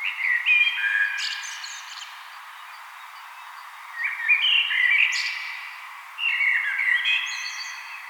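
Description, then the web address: Common blackbird singing three fluty, warbling phrases that finish in thin, high chittering notes, separated by quiet gaps. "vogelstimmen amsel gesang nabu lars lachmann"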